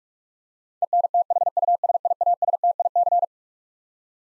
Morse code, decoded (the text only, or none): ENTHUSIASTIC